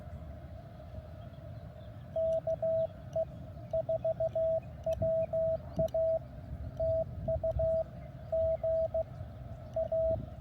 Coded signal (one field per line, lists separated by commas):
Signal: Morse code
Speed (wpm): 16 wpm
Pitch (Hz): 660 Hz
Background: radio noise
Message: KE4WA TU GA